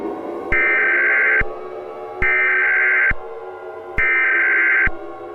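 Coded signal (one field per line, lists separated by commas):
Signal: Emergency Alert System (SAME) tones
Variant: header bursts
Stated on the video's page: EAS tones in a fictional, made-up emergency alert scenario inspired by another scenario.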